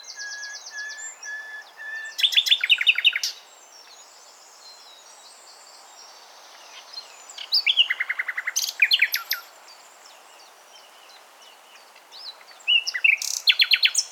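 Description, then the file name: Common nightingale singing in separate phrases, each a loud burst of fast repeated notes and whistles, with quiet gaps of several seconds between them. "Luscinia megarhynchos"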